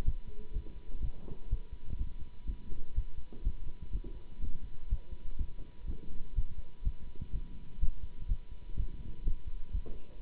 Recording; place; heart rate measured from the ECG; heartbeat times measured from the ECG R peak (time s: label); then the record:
heart sounds by stethoscope; between the tricuspid and mitral areas; 124 bpm
0.04 s: heartbeat
0.53 s: heartbeat
1.01 s: heartbeat
1.49 s: heartbeat
1.97 s: heartbeat
2.46 s: heartbeat
2.94 s: heartbeat
3.43 s: heartbeat
3.92 s: heartbeat
4.40 s: heartbeat
4.89 s: heartbeat
5.37 s: heartbeat
5.86 s: heartbeat
6.35 s: heartbeat
6.83 s: heartbeat
7.32 s: heartbeat
7.80 s: heartbeat
8.28 s: heartbeat
8.76 s: heartbeat
9.24 s: heartbeat
9.72 s: heartbeat
10.20 s: heartbeat
From the record:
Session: Bruce protocol treadmill stress test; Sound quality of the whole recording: good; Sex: male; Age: 24 years